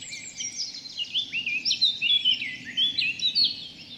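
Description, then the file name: Eurasian blackcap song, a continuous rich warble of quick slurred whistles, rising and dipping phrases, over a low steady background hum. "Sylvia atricapilla"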